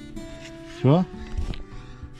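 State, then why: Seated. On an Audi Q2 30 TDI, an oil filter element is pushed into its filter housing while someone talks. A short, sharp click at 1.5 s marks it clipping into place, so it sits firmly without moving and is fully seated.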